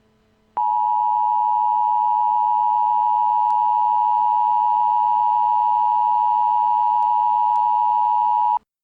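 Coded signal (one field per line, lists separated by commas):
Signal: Emergency Alert System (SAME) tones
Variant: 853 and 960 Hz attention tone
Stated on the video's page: Simulated EAS scenario.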